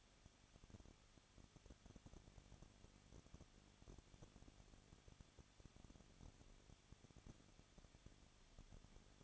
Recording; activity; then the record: daily activity, microphone in the room; no activity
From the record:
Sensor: 4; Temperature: 23.0 degrees Celsius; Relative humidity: 34.4%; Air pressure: 1007.2 hPa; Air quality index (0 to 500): 216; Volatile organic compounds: 15 ppm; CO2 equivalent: 2502 ppm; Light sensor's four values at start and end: 2/3/1/1 and 2/3/1/1